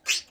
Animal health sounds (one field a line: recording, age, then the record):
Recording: pig call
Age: piglet (1 to 25 days)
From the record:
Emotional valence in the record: negative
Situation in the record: restrain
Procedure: back test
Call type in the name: high-frequency call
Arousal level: medium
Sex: male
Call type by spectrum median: high-frequency call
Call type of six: low-frequency tonal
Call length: 0.31 s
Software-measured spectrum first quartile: 2718 Hz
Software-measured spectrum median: 4070 Hz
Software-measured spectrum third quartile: 5812 Hz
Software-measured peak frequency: 2584 Hz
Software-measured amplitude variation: 270 dB a second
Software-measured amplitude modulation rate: 4.9 a second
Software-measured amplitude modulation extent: 55.4 dB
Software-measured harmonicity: 1.5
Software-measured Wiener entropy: -1.58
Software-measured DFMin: 722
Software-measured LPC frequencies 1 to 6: 2601, 3144, 4294, 5168, 6086, 7165 Hz